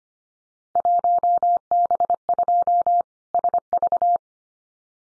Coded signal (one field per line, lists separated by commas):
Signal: Morse code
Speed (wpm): 25 wpm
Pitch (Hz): 700 Hz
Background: none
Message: 1B2 SV